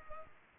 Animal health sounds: mosquito wingbeat signal from an infrared sensor; Culex pipiens

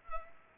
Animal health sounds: mosquito wingbeat signal from an infrared sensor; Culex pipiens

